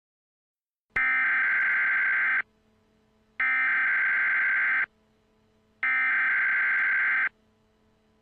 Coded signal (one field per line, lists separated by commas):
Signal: Emergency Alert System (SAME) tones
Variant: header bursts